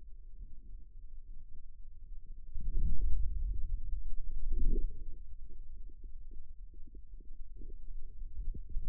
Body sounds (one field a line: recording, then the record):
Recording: forearm muscle sounds (acoustic myography)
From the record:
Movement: outward rotation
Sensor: system 2, bracelet of six BSWA MPA416 microphones around the upper forearm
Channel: 1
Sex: male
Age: 22 years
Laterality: right